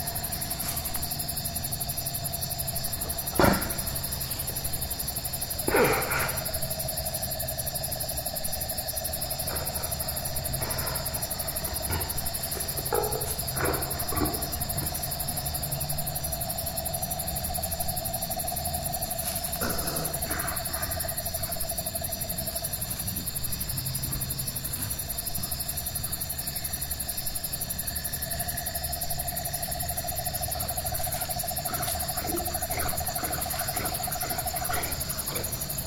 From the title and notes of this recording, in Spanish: Animales Nocturnos. Pero allá afuera hay muchas criaturas que apenas despiertan, rondan la maleza y buscan alimento.